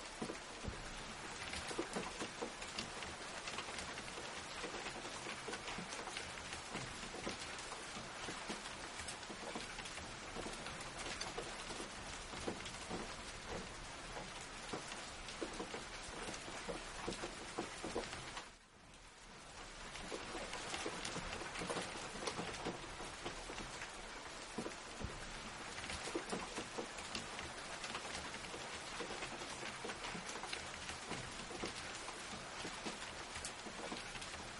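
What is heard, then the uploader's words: Rain patters steadily and densely, with countless bright, crisp drops hitting a surface for the whole stretch. Just past the halfway point the sound briefly drops away for a moment, then the same even downpour resumes and continues to the end. Monsoon Melodies with Thunder. The majestic sounds of thunder echo in the distance. Thunder and the gentle patter of rain.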